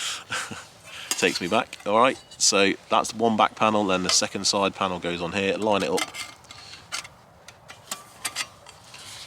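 Someone talks while lining up the second metal side panel of a folding camp stove against its back panel. A few small metallic taps follow, and the panel snaps into place with clicks at about 7.9 and 8.3 seconds, going on easily.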